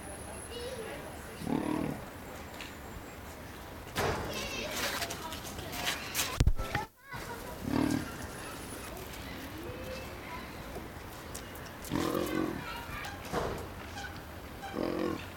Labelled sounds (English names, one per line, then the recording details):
Leopard call
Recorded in captivity
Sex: male
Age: adult
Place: Zoo Berlin, Berlin, DE
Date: 1997-01-18 14:52
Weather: bedeckt, um 0°C
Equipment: Nagra SN, Kopie Uher 4000 Report Monitor
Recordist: Tembrock, Günter